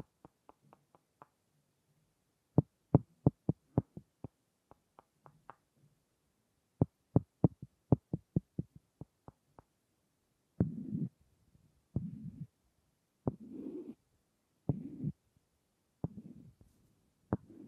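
Wood triggers: crisp, dry taps on wood come in uneven clusters through the first ten seconds, with quiet pauses between runs. After that, short rough scratching strokes, each about half a second long, repeat roughly every second and a half, with an occasional sharp tap.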